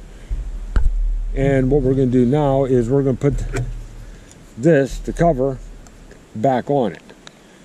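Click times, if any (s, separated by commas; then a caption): 7.3 s. Someone talks while the plastic battery cover of a Garmin GPSMAP 64sx handheld GPS is slid back up into the unit's back housing. A short, sharp click at 7.3 s marks the cover seated tight in place.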